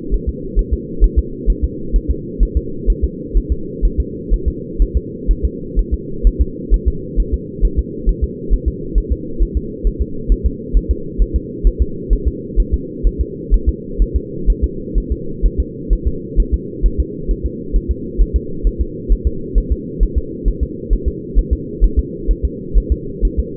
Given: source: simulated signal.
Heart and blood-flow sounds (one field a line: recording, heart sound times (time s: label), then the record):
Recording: fetal heart sounds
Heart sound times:
0.14 s: S1
0.29 s: S2
0.59 s: S1
0.73 s: S2
1.04 s: S1
1.19 s: S2
1.50 s: S1
1.64 s: S2
1.96 s: S1
2.10 s: S2
2.43 s: S1
2.57 s: S2
2.90 s: S1
3.04 s: S2
3.37 s: S1
3.52 s: S2
3.85 s: S1
4.00 s: S2
4.34 s: S1
4.48 s: S2
4.82 s: S1
4.97 s: S2
5.31 s: S1
5.45 s: S2
5.79 s: S1
5.94 s: S2
6.27 s: S1
6.41 s: S2
6.74 s: S1
6.88 s: S2
7.20 s: S1
7.34 s: S2
7.65 s: S1
7.79 s: S2
8.09 s: S1
8.24 s: S2
8.53 s: S1
8.68 s: S2
8.98 s: S1
9.12 s: S2
9.42 s: S1
9.57 s: S2
9.87 s: S1
10.02 s: S2
10.32 s: S1
10.46 s: S2
10.77 s: S1
10.91 s: S2
11.22 s: S1
11.36 s: S2
11.67 s: S1
11.82 s: S2
12.13 s: S1
12.28 s: S2
12.60 s: S1
12.74 s: S2
13.07 s: S1
13.21 s: S2
13.54 s: S1
13.69 s: S2
14.02 s: S1
14.16 s: S2
14.50 s: S1
14.64 s: S2
14.98 s: S1
15.12 s: S2
15.45 s: S1
15.60 s: S2
15.93 s: S1
16.07 s: S2
16.40 s: S1
16.54 s: S2
16.86 s: S1
17.00 s: S2
17.31 s: S1
17.46 s: S2
17.76 s: S1
17.91 s: S2
18.21 s: S1
18.36 s: S2
18.67 s: S1
18.81 s: S2
19.12 s: S1
19.27 s: S2
19.58 s: S1
19.72 s: S2
20.03 s: S1
20.18 s: S2
20.48 s: S1
20.63 s: S2
20.93 s: S1
21.08 s: S2
21.38 s: S1
21.53 s: S2
21.84 s: S1
21.99 s: S2
22.31 s: S1
22.45 s: S2
22.78 s: S1
22.92 s: S2
23.25 s: S1
23.40 s: S2
From the record:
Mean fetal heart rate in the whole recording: 130 bpm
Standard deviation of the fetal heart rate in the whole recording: 2 bpm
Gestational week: 36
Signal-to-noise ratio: -4.3 dB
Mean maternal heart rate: 72 bpm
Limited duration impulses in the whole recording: absent